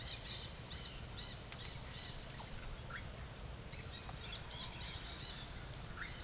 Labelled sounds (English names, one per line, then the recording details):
Dusky-headed Parakeet
Russet-backed Oropendola
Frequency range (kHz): Russet-backed Oropendola 0.8-3.3 kHz
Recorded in pastures near Puerto Asís, Putumayo, Colombia, on 27 June 2025 at 15:30
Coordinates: 0.497, -76.327
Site G040